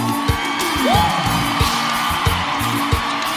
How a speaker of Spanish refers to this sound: Muchísimas gracias a todos ustedes por esta noche imposible. Quebramos al récord hoy esta noche. ¡Dar un fuerte aplauso!